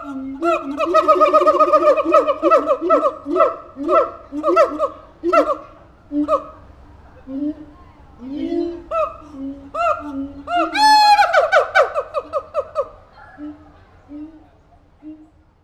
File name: siamang gibbon calls